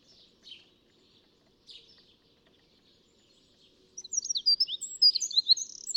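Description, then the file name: Eurasian wren: a couple of soft, scratchy notes, then a loud burst of high, squeaky twittering begins in the last two seconds. "Troglodytes troglodytes"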